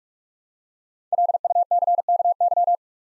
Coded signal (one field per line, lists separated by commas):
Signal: Morse code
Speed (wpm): 44 wpm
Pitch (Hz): 700 Hz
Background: none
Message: LUCKY